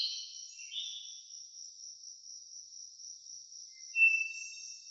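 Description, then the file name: Crickets as a thin, continuous high trill, with a few brief lower chirps. Crickets in a nature ambience sound effect. "Blastwave FX Nature Birds Crickets"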